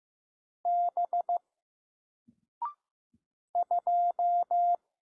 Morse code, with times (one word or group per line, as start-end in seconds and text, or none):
0.7-1.4 B
3.6-4.8 2